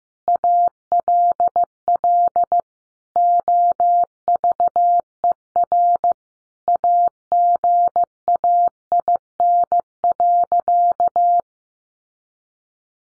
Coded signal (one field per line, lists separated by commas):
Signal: Morse code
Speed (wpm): 14 wpm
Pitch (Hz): 700 Hz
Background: none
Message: ALL OVER AGAIN.